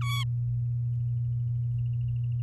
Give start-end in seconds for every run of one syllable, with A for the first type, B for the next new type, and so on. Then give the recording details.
0.01-0.24 A. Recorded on 10 May 2018 at 05:50. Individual llb16